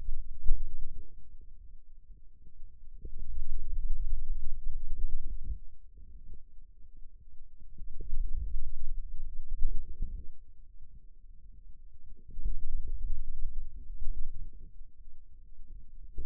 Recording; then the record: forearm muscle sounds (acoustic myography)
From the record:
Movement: pen grasping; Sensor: system 2, bracelet of six BSWA MPA416 microphones around the upper forearm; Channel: 2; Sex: male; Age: 22 years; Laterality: right